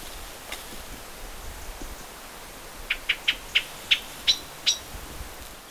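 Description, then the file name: Common blackbird with a short run of about seven sharp, high call notes late, over steady background hiss. "Turdus merula"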